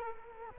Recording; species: mosquito wingbeat signal from an infrared sensor; Culex quinquefasciatus